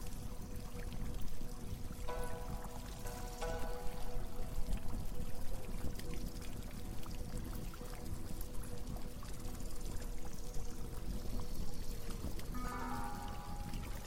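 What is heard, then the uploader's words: Ancient bath ambience: steady pouring water with a low hum, brief ringing tones near two to four seconds and again near thirteen. Ancient Egyptian bath ambience เสียงแช่น้ำฟินๆ สไตล์อียิปต์โบราณ.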